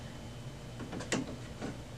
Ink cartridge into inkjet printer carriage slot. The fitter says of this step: pop it right back in make sure it clicks in and then shut